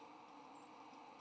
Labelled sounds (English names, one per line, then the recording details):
White-throated Sparrow flight call
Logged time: 05:44 on 3 November 2014